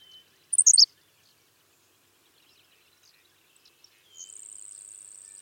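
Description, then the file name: Henslow's sparrow gives one terse, high, hiccupping song early on; later a continuous high-pitched buzz starts and runs to the end. "Ammodramus henslowii - Henslow's Sparrow"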